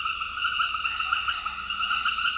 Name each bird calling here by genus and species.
none